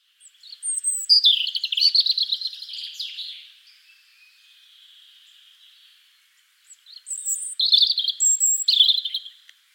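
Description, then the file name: European robin singing two long, high, rippling phrases of thin whistles and fast trills, divided by a quiet gap of about three seconds. "Erithacus rubecula"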